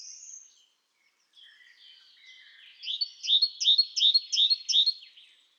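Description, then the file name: Great tit calling, a fast series of short buzzy chirps repeated about three times a second, preceded by softer scattered notes. "Parus major"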